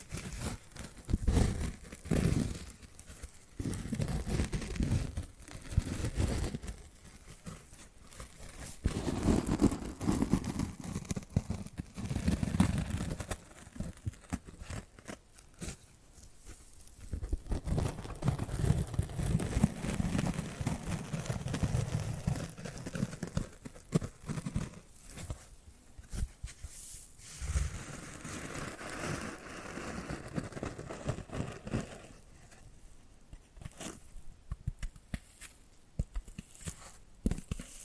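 Tapping and scratching sounds run throughout, made of dense, irregular taps and rough scraping textures with a soft low rumble underneath. The activity swells and thins in uneven stretches, with brief quieter gaps around 16, 27 and 33 seconds.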